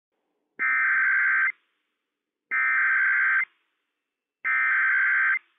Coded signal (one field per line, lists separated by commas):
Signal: Emergency Alert System (SAME) tones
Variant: header bursts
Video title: Child Abduction Emergency - WWF56 - EAS #29 - 8:25 PM PST 12/27/20